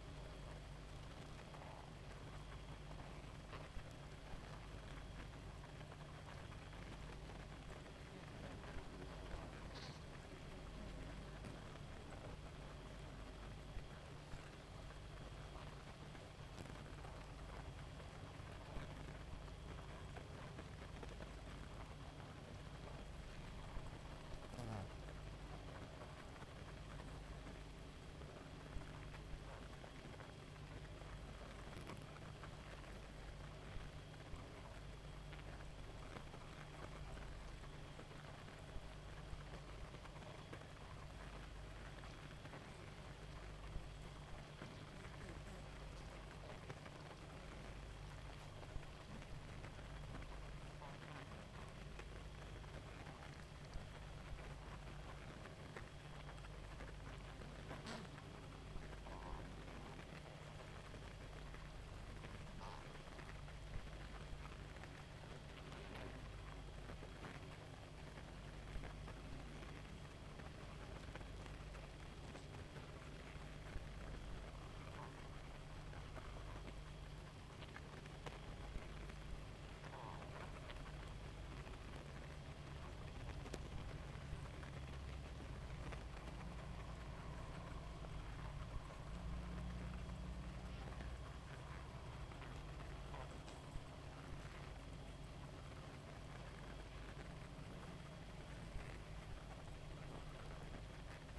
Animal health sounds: honeybee colony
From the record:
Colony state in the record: active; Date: 28 July 2017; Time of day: 0:23

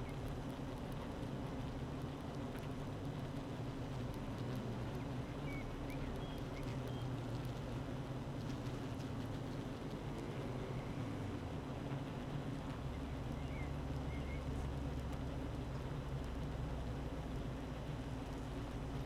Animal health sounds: honeybee colony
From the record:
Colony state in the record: active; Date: 12 June 2018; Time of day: 8:27

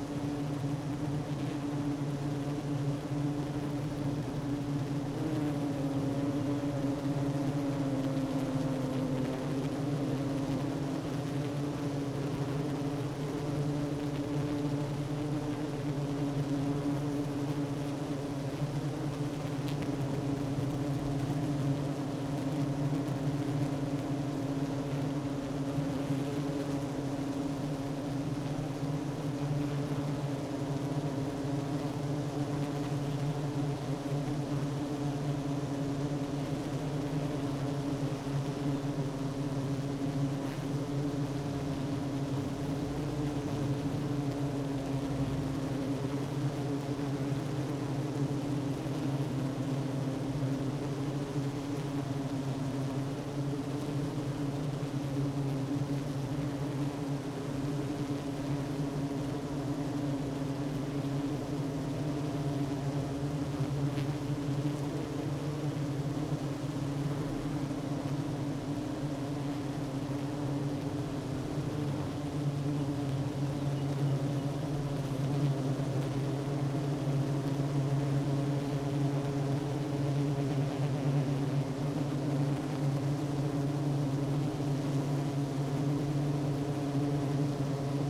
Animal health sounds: honeybee colony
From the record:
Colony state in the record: active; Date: 12 June 2018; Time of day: 10:17

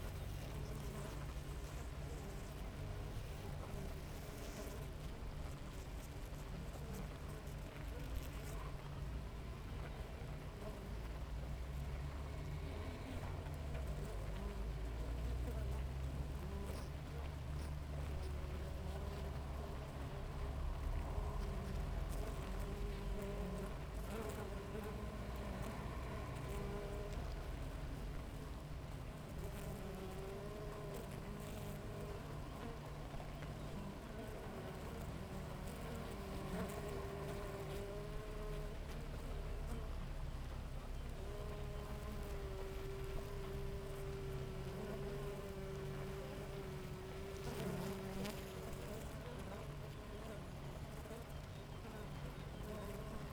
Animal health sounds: honeybee colony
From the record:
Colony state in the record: active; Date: 28 July 2017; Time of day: 6:36

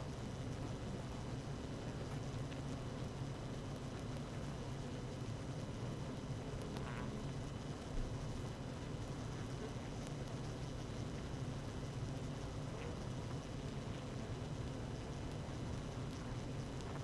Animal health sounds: honeybee colony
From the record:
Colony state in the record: active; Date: 12 June 2018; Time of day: 17:24

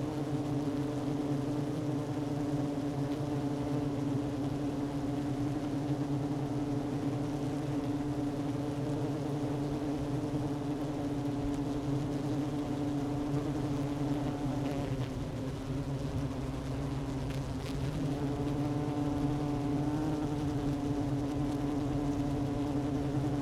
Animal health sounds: honeybee colony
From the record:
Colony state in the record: active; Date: 12 June 2018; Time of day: 11:14

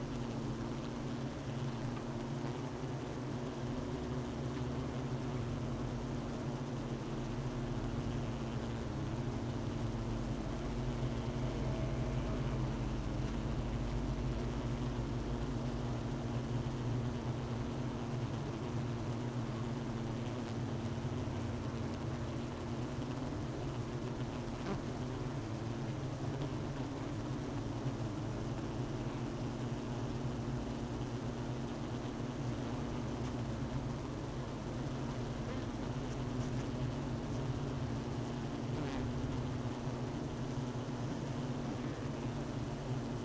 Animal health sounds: honeybee colony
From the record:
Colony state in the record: missing queen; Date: 31 May 2018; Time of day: 12:30

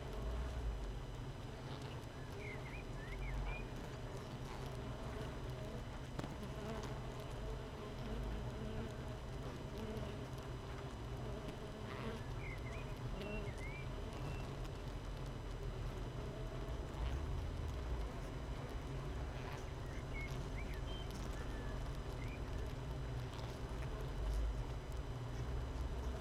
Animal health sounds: honeybee colony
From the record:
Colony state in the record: missing queen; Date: 31 May 2018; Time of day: 7:21

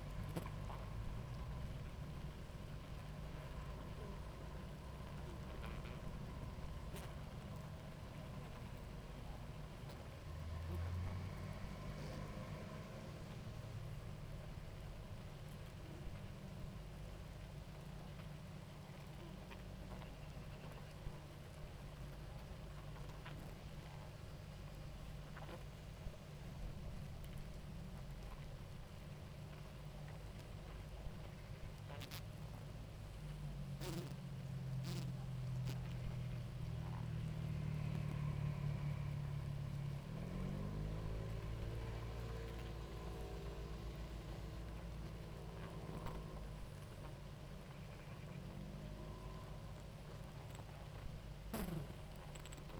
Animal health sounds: honeybee colony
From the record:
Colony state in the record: active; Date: 28 July 2017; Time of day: 18:38

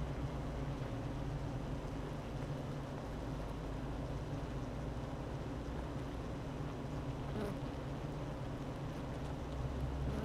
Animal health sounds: honeybee colony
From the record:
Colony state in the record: active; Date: 12 June 2018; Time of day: 9:11

